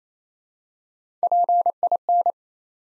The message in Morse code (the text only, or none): PIN